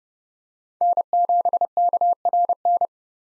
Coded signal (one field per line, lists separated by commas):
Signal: Morse code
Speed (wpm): 32 wpm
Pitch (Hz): 700 Hz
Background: none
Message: N7KRN